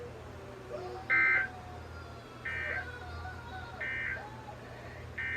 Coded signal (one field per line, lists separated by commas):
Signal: Emergency Alert System (SAME) tones